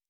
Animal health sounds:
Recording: hydrophone in a shrimp aquaculture tank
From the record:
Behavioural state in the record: normal

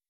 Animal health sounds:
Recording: hydrophone in a shrimp aquaculture tank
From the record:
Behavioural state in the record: weakened

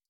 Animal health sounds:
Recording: hydrophone in a shrimp aquaculture tank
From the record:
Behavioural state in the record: stressed

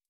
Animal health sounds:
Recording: hydrophone in a shrimp aquaculture tank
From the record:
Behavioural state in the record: stressed

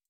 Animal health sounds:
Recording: hydrophone in a shrimp aquaculture tank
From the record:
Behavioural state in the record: feeding

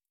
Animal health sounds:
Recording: hydrophone in a shrimp aquaculture tank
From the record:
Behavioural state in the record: stressed

